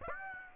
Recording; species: mosquito wingbeat signal from an infrared sensor; Aedes aegypti